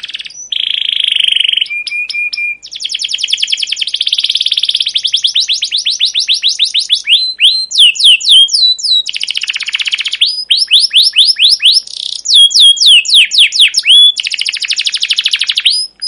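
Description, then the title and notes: Canary song of nonstop rapid trills, whistled notes and sweeping chirp runs, shifting pattern every few seconds. Captive canary singing a long 'cuit cuit ngerol' chirping song, used as a lure and master song for young canaries learning to sing. "CUIT CUIT NGEROL GACOR PANJANG Kenari Pancingan KENAR. PANCINGAN Kenari GACOR PANJANG Cuit CUIT EMOSI MASTERAN Kenari PAUD belajar BUNYI. burung kenari"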